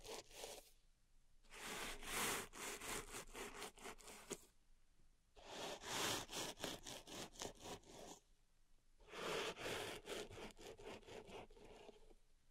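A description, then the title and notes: Gritty raking and scraping through a tray of pink salt, bright. The strokes come in quick, regular runs of about three seconds each, three main bursts with brief quiet pauses between them, after a short scrape at the very start. ASMR Relaxing Pink Salt Zen Garden Triggers (No Talking).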